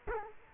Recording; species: mosquito wingbeat signal from an infrared sensor; Culex quinquefasciatus